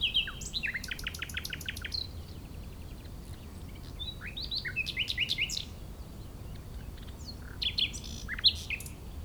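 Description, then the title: Common nightingale delivering varied phrases: a fast rattling trill, scattered sharp notes and brief twittering bursts separated by pauses, with low wind rumble throughout. Wild bird in Chindrieux, France, during peak nightingale season on a sunny day; hidden in scrub; westerly wind; recorder on ground in grass tussocks, tens of metres away, in a small sheltered valley. "Chindrieux, France - Rossignol"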